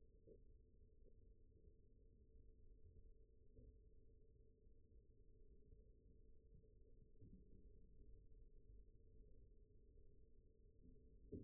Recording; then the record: forearm muscle sounds (acoustic myography)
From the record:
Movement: rest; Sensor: system 1, eight BSWA MPA416 microphones around the upper forearm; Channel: 2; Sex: male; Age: 20 years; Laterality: left